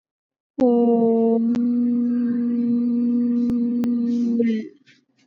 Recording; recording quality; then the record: sustained vowel as in boot; excellent, no background noise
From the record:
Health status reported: exposed to COVID-19, no respiratory illness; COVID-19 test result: not tested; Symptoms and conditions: sore throat, muscle pain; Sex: female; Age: 25 years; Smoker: not ticked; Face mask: worn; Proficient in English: yes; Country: India